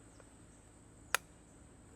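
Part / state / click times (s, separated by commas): crossbow string into the trigger latch / seated / 1.1 s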